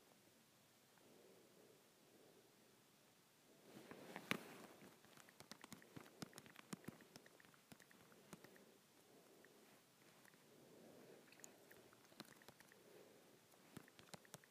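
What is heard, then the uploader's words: Fingers tap on a phone screen in quick, irregular clicks, sparse at first and then frequent from about four seconds onward. A louder knock lands near four seconds. A soft, low murmur and faint rustling run underneath throughout. Tapping my Android Phone.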